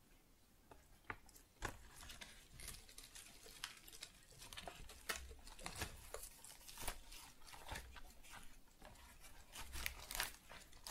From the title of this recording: Tingly Flower Sounds